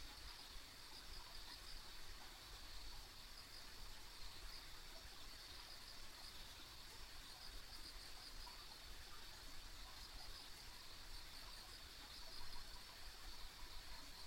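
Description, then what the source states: Insects trilling together in a high, even drone that never pauses, with a faint low hum beneath. Ambient insect sounds on a country road.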